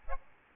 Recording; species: mosquito wingbeat signal from an infrared sensor; Aedes albopictus